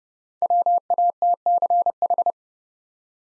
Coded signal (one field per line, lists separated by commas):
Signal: Morse code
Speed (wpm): 30 wpm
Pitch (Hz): 700 Hz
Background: none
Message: WATCH